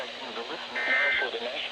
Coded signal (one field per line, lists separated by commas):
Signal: Emergency Alert System (SAME) tones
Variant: end-of-message bursts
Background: speech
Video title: RWT Galore: EAS Tests From 6/12/24 (EAS #2570-2577)